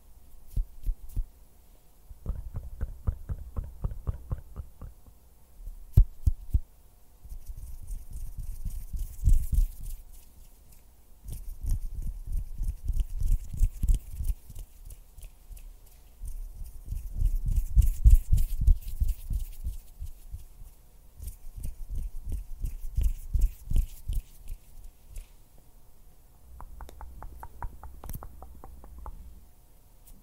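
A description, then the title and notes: Fingers flutter and tap in quick, regular bursts, each run of soft low thumps lasting a few seconds before a pause. Some bursts carry a brighter buzzing edge, especially near the start and end, with faint wet mouth clicks scattered high above. Hand sounds, finger fluttering, mouth sounds.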